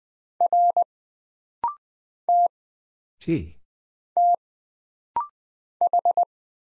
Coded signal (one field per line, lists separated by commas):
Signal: Morse code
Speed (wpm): 20 wpm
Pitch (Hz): 700 Hz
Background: none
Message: R T T H